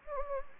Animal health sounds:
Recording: mosquito wingbeat signal from an infrared sensor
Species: Anopheles gambiae

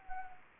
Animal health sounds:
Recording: mosquito wingbeat signal from an infrared sensor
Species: Anopheles arabiensis

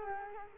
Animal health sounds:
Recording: mosquito wingbeat signal from an infrared sensor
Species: Culex quinquefasciatus

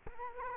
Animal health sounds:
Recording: mosquito wingbeat signal from an infrared sensor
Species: Culex quinquefasciatus

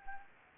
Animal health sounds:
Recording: mosquito wingbeat signal from an infrared sensor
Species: Anopheles gambiae

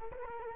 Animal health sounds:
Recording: mosquito wingbeat signal from an infrared sensor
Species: Culex quinquefasciatus

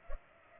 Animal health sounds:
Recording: mosquito wingbeat signal from an infrared sensor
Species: Culex pipiens

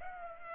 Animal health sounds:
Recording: mosquito wingbeat signal from an infrared sensor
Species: Culex pipiens

